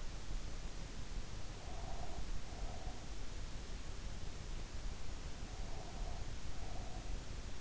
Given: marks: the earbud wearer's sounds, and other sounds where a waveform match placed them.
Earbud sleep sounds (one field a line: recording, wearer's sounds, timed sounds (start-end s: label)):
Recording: sounds in sleep by an in-ear microphone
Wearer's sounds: breath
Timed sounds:
1.62-3.06 s: breath
5.46-7.22 s: breath